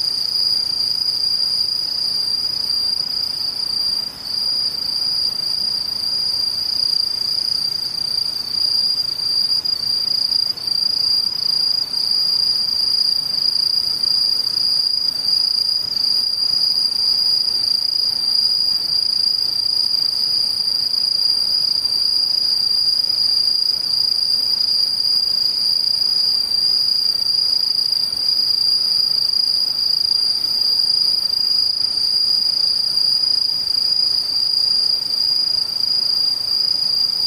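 Insects sing in one steady, high, piercing continuous tone that never changes across the clip, over a faint low hiss.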